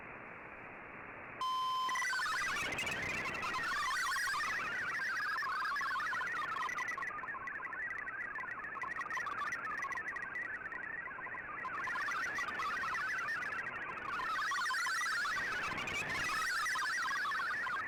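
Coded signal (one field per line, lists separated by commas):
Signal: multi-tone FSK (Olivia or MFSK type)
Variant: MFSK32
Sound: brief steady tones, then rapid warbling stream of stepping musical tones over static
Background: radio static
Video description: Here is my decode of the Shortwave Radiogram broadcast today on 15770Khz shortwave radio at 1300UTC in MFSK32 and 64 with 10 SSTV images.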